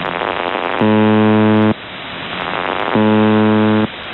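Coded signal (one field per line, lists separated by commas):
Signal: numbers station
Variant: UVB-76 (The Buzzer)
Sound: two harsh low buzzes, each just under a second, separated by radio hiss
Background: radio static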